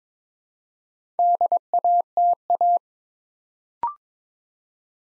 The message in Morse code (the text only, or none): DATA